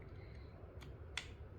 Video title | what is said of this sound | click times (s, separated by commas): 11세의 컴퓨터 조립 1 | 얘도 이렇게 딸깍 소리가 때까지 끼워준 다음에 | 1.2 s